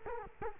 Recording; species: mosquito wingbeat signal from an infrared sensor; Culex quinquefasciatus